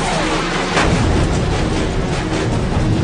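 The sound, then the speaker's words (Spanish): A loud explosion as a Sidewinder missile hits a Sukhoi fighter jet, a sharp blast that bursts out of a dense, continuous roar and rumbles on for a few seconds, with no voices present. “El misil da en el blanco.”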